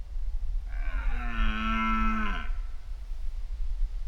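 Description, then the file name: Red deer roaring: a single drawn-out harmonic bellow lasting nearly two seconds, steady then dipping slightly at the end, over low rumbling background noise. Mating season, September, in Poland. "Roaring Deer Version 2 Mating Season In Poland September"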